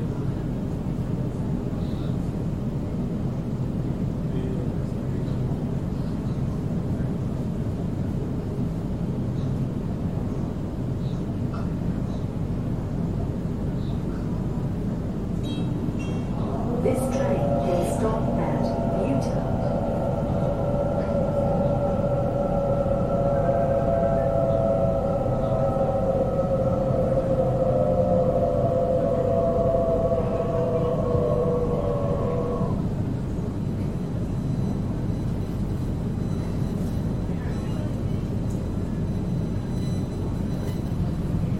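A Sydney train rumbles steadily, with a dense low roar throughout. From about 16 to 33 seconds a sustained tonal whine rises over it, slowly falling in pitch, then stops. Faint clicks appear near the start of the whine.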